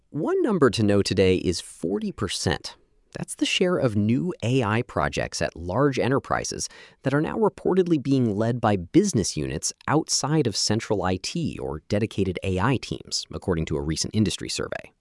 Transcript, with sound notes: One number to know today is 40 percent. [with emphasis] That’s the share of new AI projects at large enterprises that are now reportedly being led by business units outside of central IT or dedicated AI teams, according to a recent industry survey.